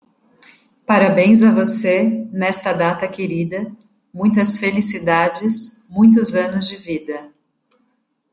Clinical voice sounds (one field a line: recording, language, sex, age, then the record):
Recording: short text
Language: Brazilian Portuguese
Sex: female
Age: 30 to 39 years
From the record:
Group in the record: control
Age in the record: 36 years